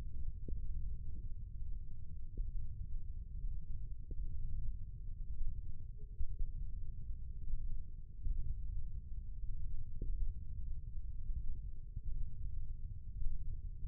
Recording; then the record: forearm muscle sounds (acoustic myography)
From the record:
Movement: wrist extension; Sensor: system 1, eight BSWA MPA416 microphones around the upper forearm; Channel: 2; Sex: male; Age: 20 years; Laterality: left